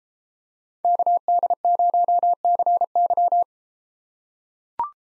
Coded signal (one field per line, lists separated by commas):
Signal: Morse code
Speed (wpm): 32 wpm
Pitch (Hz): 700 Hz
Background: none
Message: KD0CY